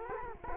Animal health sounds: mosquito wingbeat signal from an infrared sensor; Culex quinquefasciatus

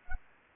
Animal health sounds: mosquito wingbeat signal from an infrared sensor; Anopheles gambiae

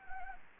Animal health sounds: mosquito wingbeat signal from an infrared sensor; Anopheles gambiae

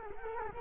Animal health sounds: mosquito wingbeat signal from an infrared sensor; Culex quinquefasciatus

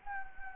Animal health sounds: mosquito wingbeat signal from an infrared sensor; Anopheles gambiae

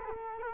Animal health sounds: mosquito wingbeat signal from an infrared sensor; Culex quinquefasciatus

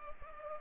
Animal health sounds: mosquito wingbeat signal from an infrared sensor; Culex pipiens

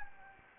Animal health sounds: mosquito wingbeat signal from an infrared sensor; Anopheles gambiae

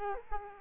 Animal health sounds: mosquito wingbeat signal from an infrared sensor; Culex quinquefasciatus

